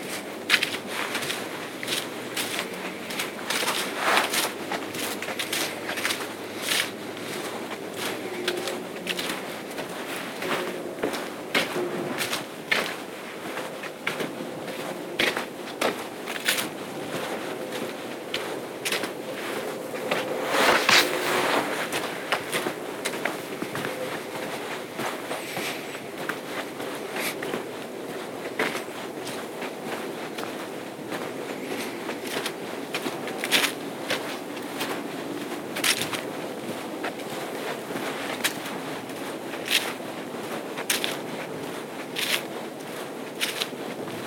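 A night hike on the Appleton Trail, heard as a steady run of crunching, crackling footfalls that scatter sharp little clicks across the whole stretch. A denser, louder burst of rustling comes around twenty seconds, over a faint, constant low murmur.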